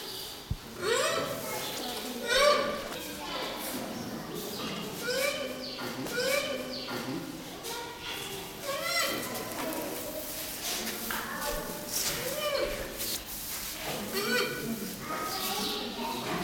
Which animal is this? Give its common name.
Black Rhinoceros